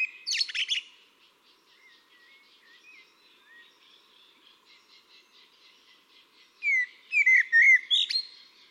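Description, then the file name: Eurasian blackbird song: a high twittering burst, a soft quiet passage of faint notes, then a rich whistled phrase ending in squeaky high twitters. "Turdus merula"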